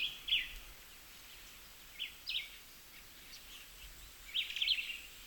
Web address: sound Cuban-tody. صدای-پرنده-تودی-کوبایی